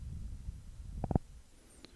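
A plastic screen bezel on an HP Pavilion 15-E000SA laptop display lid is squeezed gently along the top edge so its clips snap into place. Over a low rumbling background, three sharp clicks come in quick succession at 1.0, 1.1 and 1.2 seconds, followed by a fainter click at 1.9 seconds. The bezel clips are seated.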